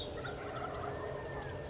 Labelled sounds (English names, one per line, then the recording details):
Wild Turkey
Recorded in Sonoma County, California